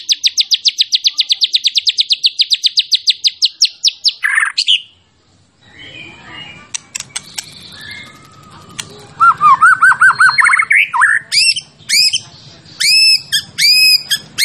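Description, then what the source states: White-rumped shama song: a fast rattling trill of rapid notes for four seconds, a pause with low hum, then loud looping whistled phrases and repeated arched notes. Champion bird, used as song-training material (masteran) for other birds.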